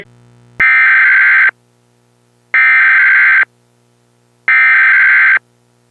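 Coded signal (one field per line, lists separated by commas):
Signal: Emergency Alert System (SAME) tones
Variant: header bursts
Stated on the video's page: Fictional EAS scenario of a tri-state weather disaster.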